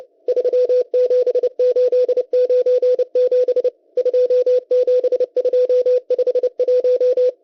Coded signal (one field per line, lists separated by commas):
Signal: Morse code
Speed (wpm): 30 wpm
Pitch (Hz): 500 Hz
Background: none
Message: 37897 27251